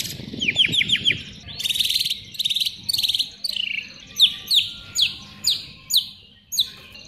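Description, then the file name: White-rumped shama song: quick series of high descending chirps, then buzzy trills and repeated sharp notes spaced under a second apart. Song imitating canary song. "murai batu isian kenari"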